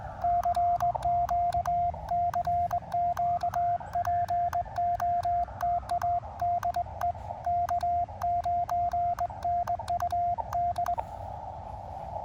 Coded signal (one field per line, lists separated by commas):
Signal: Morse code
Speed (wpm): 20 wpm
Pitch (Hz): 690 Hz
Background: radio noise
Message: CQ CQ POTA DE K9NUD